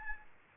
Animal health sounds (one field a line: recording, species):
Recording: mosquito wingbeat signal from an infrared sensor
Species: Aedes albopictus